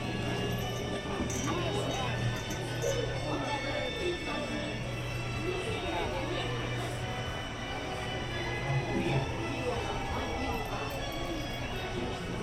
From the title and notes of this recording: Alice in Wonderland Corner, Disneyland Park Binaural Recording. Alice in Wonderland corner in Fantasyland at Disneyland Park. The sounds/ambience found on both the Mad Tea Party and Alice in Wonderland attractions.